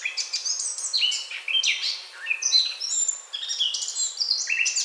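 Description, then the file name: Eurasian blackcap song, a continuous rich warble mixing quick chattering notes with clearer fluty phrases that jump between high and lower pitches. "Sylvia atricapilla"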